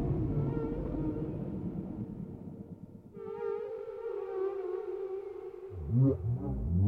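Whale song: a rumbling, pulsed low sound fades into a long sustained tonal moan, ending with short rising and falling squeals.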